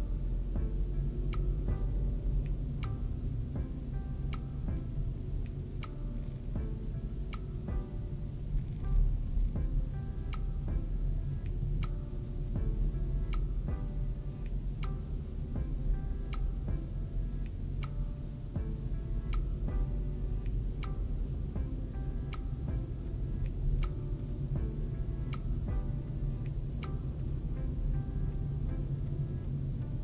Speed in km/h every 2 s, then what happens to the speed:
27, 28, 29, 25, 23, 24, 24, 24, 25, 26, 28, 31, 32, 34, 33.
0-15 steady at about 24. 15-30 speeds up to 33.